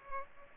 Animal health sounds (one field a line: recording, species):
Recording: mosquito wingbeat signal from an infrared sensor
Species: Culex pipiens